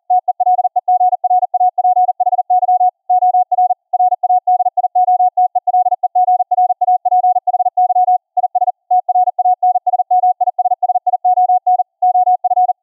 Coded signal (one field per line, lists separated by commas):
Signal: Morse code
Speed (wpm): 41 wpm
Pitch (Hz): 730 Hz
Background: none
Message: TELEGRAPHY OR RADIOTELEGRAPHY IS TRANSMISSION OF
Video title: setup a CW COPY BY EAR practice session on the VLF band using unixCW, Gstreamer & 2 Ferrite Antennas